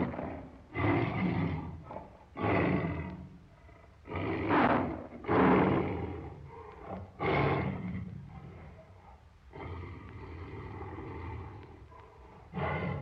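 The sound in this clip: Tiger roaring repeatedly, a series of harsh, deep roaring bursts roughly every one to three seconds, separated by lower growling rumbles.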